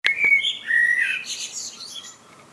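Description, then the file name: Common blackbird: thin whistled notes sliding downward, then a soft scratchy twitter that fades away. "Turdus merula"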